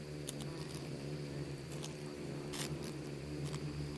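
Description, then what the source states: Insects swarming, with a steady low drone and scattered ticking and tapping sounds. Bugs and beetles swarming in the Namib desert, recorded as part of its micro-sound soundscape.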